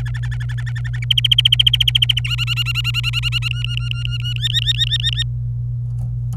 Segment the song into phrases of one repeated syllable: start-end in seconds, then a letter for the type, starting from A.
0.00-0.99 A, 1.02-2.20 B, 2.24-3.48 C, 3.51-4.33 D, 4.36-5.23 E